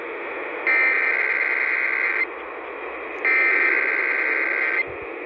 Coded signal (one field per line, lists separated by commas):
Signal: Emergency Alert System (SAME) tones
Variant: header bursts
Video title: KDKA Weekly Test (1/17/21) (EAS 4428)